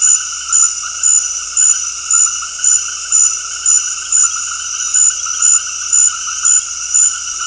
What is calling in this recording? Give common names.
none